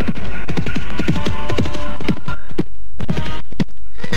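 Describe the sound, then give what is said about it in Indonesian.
Horse hooves clip-clop in a quick, steady rhythm of sharp, loud knocks as horses ridden by men approach, with a low rumble underneath and no voices. “Suara langkah kuda menuju ke arahku.”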